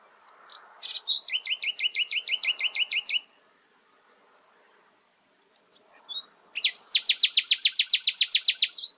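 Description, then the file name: Common nightingale singing two phrases of rapid, evenly repeated notes, separated by a quiet gap. "Luscinia megarhynchos"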